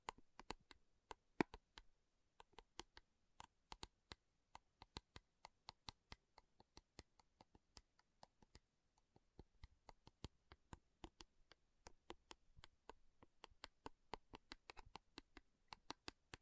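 Metal is tapped in a loose, unhurried rhythm: sharp, bright clicks that arrive one or two at a time, roughly two to three per second, with uneven gaps. Each strike is short and crisp, and near-silence fills the spaces between them.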